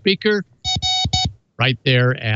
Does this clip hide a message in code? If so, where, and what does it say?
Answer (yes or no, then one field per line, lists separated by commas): no